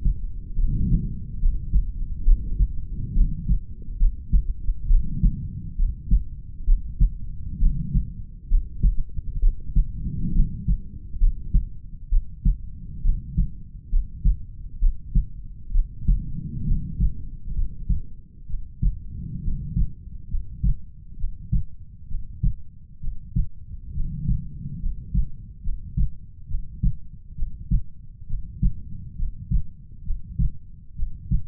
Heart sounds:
heart sounds by stethoscope; 67 bpm
0.56 s: heartbeat
1.39 s: heartbeat
2.24 s: heartbeat
3.13 s: heartbeat
3.97 s: heartbeat
4.87 s: heartbeat
5.76 s: heartbeat
6.65 s: heartbeat
7.58 s: heartbeat
8.48 s: heartbeat
9.40 s: heartbeat
10.32 s: heartbeat
11.18 s: heartbeat
12.09 s: heartbeat
13.02 s: heartbeat
13.89 s: heartbeat
14.79 s: heartbeat
15.72 s: heartbeat
16.64 s: heartbeat
17.53 s: heartbeat
18.46 s: heartbeat
19.41 s: heartbeat
20.28 s: heartbeat
21.17 s: heartbeat
22.07 s: heartbeat
23.00 s: heartbeat
23.92 s: heartbeat
24.80 s: heartbeat
25.62 s: heartbeat
26.47 s: heartbeat
27.35 s: heartbeat
28.27 s: heartbeat
29.16 s: heartbeat
30.03 s: heartbeat
30.95 s: heartbeat
From the record:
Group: healthy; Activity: rest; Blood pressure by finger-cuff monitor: 108/78 mmHg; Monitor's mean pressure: 88 mmHg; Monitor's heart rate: 67 bpm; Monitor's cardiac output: 5.6 L/min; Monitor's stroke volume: 82 mL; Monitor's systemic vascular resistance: 1170 dyn s/cm5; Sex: female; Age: 22 years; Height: 160 cm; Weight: 45 kg

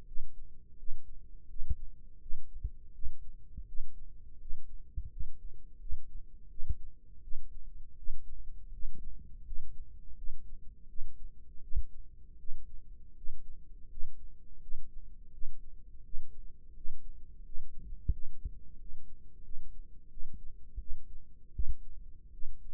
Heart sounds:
heart sounds by microphone in the left ear; 84 bpm
0.05 s: heartbeat
0.77 s: heartbeat
1.47 s: heartbeat
2.19 s: heartbeat
2.93 s: heartbeat
3.66 s: heartbeat
4.38 s: heartbeat
5.09 s: heartbeat
5.79 s: heartbeat
6.49 s: heartbeat
7.21 s: heartbeat
7.96 s: heartbeat
8.71 s: heartbeat
9.44 s: heartbeat
10.16 s: heartbeat
10.87 s: heartbeat
11.61 s: heartbeat
12.37 s: heartbeat
13.14 s: heartbeat
13.88 s: heartbeat
14.60 s: heartbeat
15.31 s: heartbeat
16.02 s: heartbeat
16.74 s: heartbeat
17.43 s: heartbeat
18.10 s: heartbeat
18.77 s: heartbeat
19.43 s: heartbeat
20.09 s: heartbeat
20.78 s: heartbeat
21.52 s: heartbeat
22.31 s: heartbeat
From the record:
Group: healthy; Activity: rest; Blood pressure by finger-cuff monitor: 119/77 mmHg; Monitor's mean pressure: 91 mmHg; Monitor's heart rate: 84 bpm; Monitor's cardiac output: 6 L/min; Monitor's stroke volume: 71 mL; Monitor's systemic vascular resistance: 1110 dyn s/cm5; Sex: female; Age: 37 years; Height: 168 cm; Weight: 70 kg

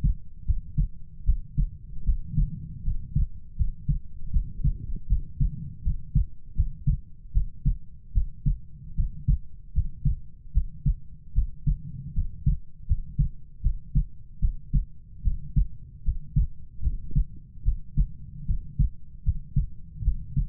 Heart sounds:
heart sounds by stethoscope; 77 bpm
0.45 s: heartbeat
1.24 s: heartbeat
2.04 s: heartbeat
2.83 s: heartbeat
3.56 s: heartbeat
4.31 s: heartbeat
5.07 s: heartbeat
5.82 s: heartbeat
6.54 s: heartbeat
7.32 s: heartbeat
8.12 s: heartbeat
8.95 s: heartbeat
9.72 s: heartbeat
10.52 s: heartbeat
11.33 s: heartbeat
12.13 s: heartbeat
12.86 s: heartbeat
13.61 s: heartbeat
14.39 s: heartbeat
15.22 s: heartbeat
16.03 s: heartbeat
16.81 s: heartbeat
17.63 s: heartbeat
18.45 s: heartbeat
19.23 s: heartbeat
20.02 s: heartbeat
From the record:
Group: healthy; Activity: rest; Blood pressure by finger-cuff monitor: 92/50 mmHg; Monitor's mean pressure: 64 mmHg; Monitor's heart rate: 76 bpm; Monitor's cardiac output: 7.1 L/min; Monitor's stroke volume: 93 mL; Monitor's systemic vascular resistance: 640 dyn s/cm5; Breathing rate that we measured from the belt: 19 breaths a minute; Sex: female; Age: 19 years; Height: 163 cm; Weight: 48.9 kg

